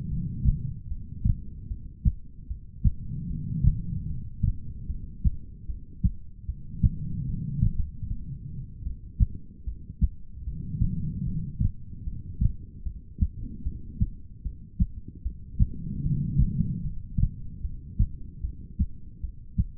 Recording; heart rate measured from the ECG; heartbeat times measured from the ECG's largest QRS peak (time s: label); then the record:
heart sounds by stethoscope; 75 bpm
0.08 s: heartbeat
0.88 s: heartbeat
1.68 s: heartbeat
2.47 s: heartbeat
3.27 s: heartbeat
4.07 s: heartbeat
4.87 s: heartbeat
5.66 s: heartbeat
6.46 s: heartbeat
7.26 s: heartbeat
7.75 s: heartbeat
8.84 s: heartbeat
9.64 s: heartbeat
10.44 s: heartbeat
11.24 s: heartbeat
12.04 s: heartbeat
12.83 s: heartbeat
13.63 s: heartbeat
14.42 s: heartbeat
15.22 s: heartbeat
16.02 s: heartbeat
16.82 s: heartbeat
17.61 s: heartbeat
18.41 s: heartbeat
19.21 s: heartbeat
From the record:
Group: heart failure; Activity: rest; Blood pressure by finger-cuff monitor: 95/69 mmHg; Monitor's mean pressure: 80 mmHg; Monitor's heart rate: 75 bpm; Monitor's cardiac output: 4.5 L/min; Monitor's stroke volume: 60 mL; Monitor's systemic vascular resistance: 1290 dyn s/cm5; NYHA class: 2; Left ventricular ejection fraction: 58%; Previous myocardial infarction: absent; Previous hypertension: present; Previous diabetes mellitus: absent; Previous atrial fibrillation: absent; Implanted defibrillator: absent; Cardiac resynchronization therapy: absent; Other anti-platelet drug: absent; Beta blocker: bisoprolol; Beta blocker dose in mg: 5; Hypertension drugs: ramipril, spironolactone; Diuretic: furosemide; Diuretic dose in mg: 160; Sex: female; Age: 55 years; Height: 155 cm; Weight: 67 kg